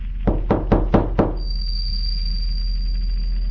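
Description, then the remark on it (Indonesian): Five quick, evenly spaced knocks rap out in a steady rhythm, followed by a thin, high-pitched electronic whine that holds over a low background hum. “Tapi lagi-lagi ketukan itu kembali terdengar.”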